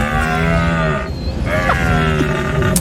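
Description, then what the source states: Red deer stag bellowing: a deep moaning roar with a rich stack of harmonics, then a second groan. Bellow of a stag described as fairly calm and relaxed, yet still bellowing.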